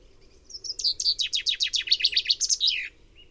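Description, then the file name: Common chaffinch song: a rapid series of bright, descending notes ending in a short flourish, lasting a little over two seconds. "Fringilla coelebs"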